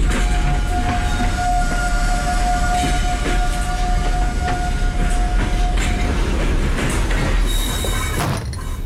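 A train rolls steadily along the rails with a loud, constant rumble, scattered clacks, and a thin sustained wheel squeal that drops out partway through. No one speaks.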